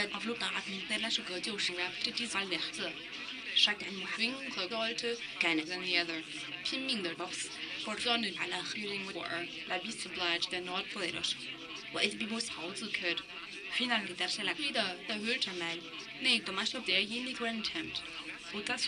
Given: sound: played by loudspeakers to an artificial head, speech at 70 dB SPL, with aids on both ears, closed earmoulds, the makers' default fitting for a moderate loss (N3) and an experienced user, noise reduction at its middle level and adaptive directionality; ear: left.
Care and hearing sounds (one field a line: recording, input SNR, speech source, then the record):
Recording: speech test signal (ISTS) in cocktail-party noise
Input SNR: +9 dB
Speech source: in front (0 degrees)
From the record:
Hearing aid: class 2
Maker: D